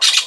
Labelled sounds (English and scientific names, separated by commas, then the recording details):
Brown-throated Parakeet (Eupsittula pertinax) contact call
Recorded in Venezuela
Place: Guárico; Corozopando; Fundo La Fe
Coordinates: 8.506, -67.593